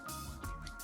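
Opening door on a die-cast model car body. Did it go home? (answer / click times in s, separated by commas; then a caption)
no / none. The opening door on the body of a vintage die-cast metal model car, a BMW 3 litre CSL, is opened and closed over continuous background music, with two brief soft knocks near 0.4 s and 0.7 s. The door closes but does not snap shut, and nothing clicks into place.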